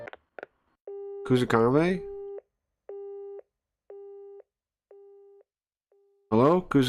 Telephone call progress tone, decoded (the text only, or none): busy tone